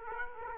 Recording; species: mosquito wingbeat signal from an infrared sensor; Aedes aegypti